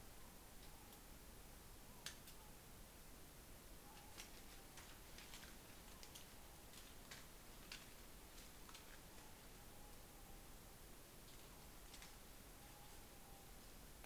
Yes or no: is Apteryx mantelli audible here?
no